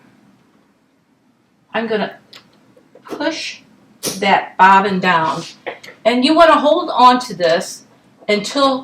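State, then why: Not seated. A plastic bobbin, threaded through its small hole, is handled and positioned above the bobbin winder spindle of a Baby Lock Allegro sewing machine before being pushed down and turned to snap into place. Someone talks throughout, with a brief faint handling tap near 2.3 s. Nothing has seated or clicked yet.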